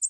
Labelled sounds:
American Redstart (Setophaga ruticilla) flight call

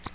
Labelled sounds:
American Redstart (Setophaga ruticilla) flight call

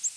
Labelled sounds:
Ovenbird (Seiurus aurocapilla) flight call

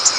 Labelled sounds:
Wilson's Warbler (Cardellina pusilla) flight call

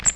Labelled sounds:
Cape May Warbler (Setophaga tigrina) flight call

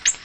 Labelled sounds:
Ovenbird (Seiurus aurocapilla) flight call

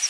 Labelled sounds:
Palm Warbler (Setophaga palmarum) flight call

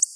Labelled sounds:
Black-throated Blue Warbler (Setophaga caerulescens) flight call

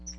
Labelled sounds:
Chestnut-sided Warbler (Setophaga pensylvanica) flight call

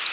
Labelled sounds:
American Redstart (Setophaga ruticilla) flight call

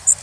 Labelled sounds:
Blackburnian Warbler (Setophaga fusca) flight call

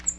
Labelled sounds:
Cape May Warbler (Setophaga tigrina) flight call

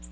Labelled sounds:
Ovenbird (Seiurus aurocapilla) flight call

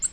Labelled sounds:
Nashville Warbler (Leiothlypis ruficapilla) flight call

